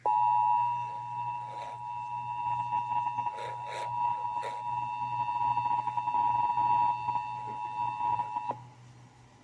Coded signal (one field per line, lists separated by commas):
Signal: Emergency Alert System (SAME) tones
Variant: 853 and 960 Hz attention tone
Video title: (EAS #913-921) August 2025 Texas Required Monthly Test